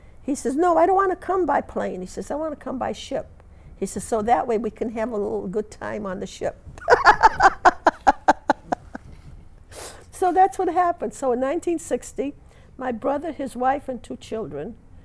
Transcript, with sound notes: He says, "No, I don't want to come by plane." He says, "I want to come by ship." He says, "So that way we can have a little good time on the ship." ( she laughs ) So that's what happened. So in 1960 my brother, his wife and two children